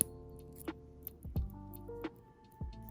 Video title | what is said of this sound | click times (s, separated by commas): JACOJE VS DANIEL JEWELRY INC MIAMI CUBAN (the ultimate showdown) | So once you get it in there, hear that click, click, click. | 0.0 s, 1.1 s